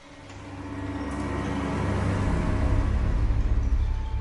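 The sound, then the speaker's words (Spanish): Rumbling road traffic builds steadily in loudness, a dense low engine drone with rattling, churning texture as cars and trucks climb along crowded Fourteenth Street on a sunny day, no voices. “Las palabras nauseabundas parecían casi increíbles en ese soleado día, con el traqueteo de coches y camiones ascendiendo clamorosamente por la abarrotada calle decimocuarta.”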